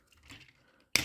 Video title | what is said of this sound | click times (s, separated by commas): How does he hold up in 2024? #Transformers Power of the Primes Optimus Prime | flip it back and then this panel will snap into place | 1.0 s